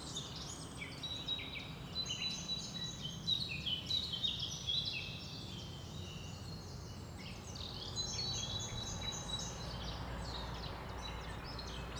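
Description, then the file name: Birds chirping in a dense chorus of high, quick notes and short trills, several callers overlapping throughout, over a steady low rumble of background noise. Birds chirping in a forest. "Forest Birds Chirping Memixa"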